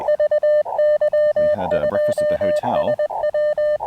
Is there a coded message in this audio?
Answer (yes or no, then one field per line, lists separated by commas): yes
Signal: Morse code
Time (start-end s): 0.1-3.8 s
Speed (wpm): 20 wpm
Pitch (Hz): 600 Hz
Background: radio noise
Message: VY2SW